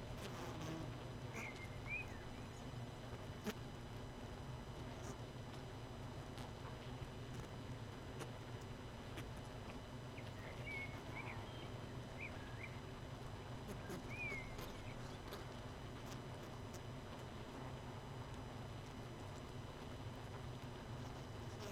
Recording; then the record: honeybee colony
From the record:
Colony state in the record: missing queen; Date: 31 May 2018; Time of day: 19:07